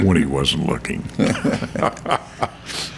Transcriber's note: laughing